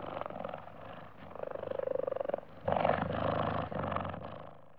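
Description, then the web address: Cheetah growling, a low rough rumble with a pulsed purring stretch in the middle, then a louder harsh burst lasting about a second. Several cheetahs growling, recorded close up in Africa. "BBC Sound Effects Library. Africa. Cheetahs"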